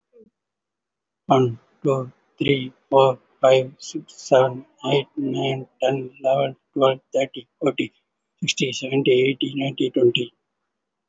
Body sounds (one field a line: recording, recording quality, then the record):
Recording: counting at a normal pace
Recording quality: excellent, no background noise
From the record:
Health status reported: respiratory illness, not identified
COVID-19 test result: negative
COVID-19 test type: RT-PCR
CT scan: not taken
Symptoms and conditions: breathing difficulty, asthma, pneumonia, another respiratory illness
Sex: male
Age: 30 years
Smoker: no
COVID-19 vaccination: none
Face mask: worn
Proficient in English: no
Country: India